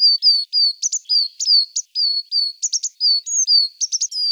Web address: Parus ater